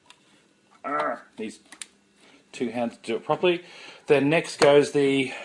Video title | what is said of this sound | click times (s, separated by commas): Kogan Vertical Cold Press Juicer UNBIASED Review | so you can see there's a red mark here so the red mark goes on and then it goes click into place | 0.1 s